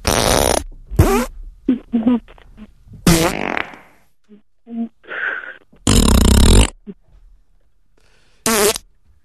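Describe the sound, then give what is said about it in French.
A run of fart sounds played like a little tune: loud, raspy blasts mixed with shorter pitched toots and squeaks, spaced in an uneven rhythm with brief silences between them. “Et je fais la même chose avec mon anus.”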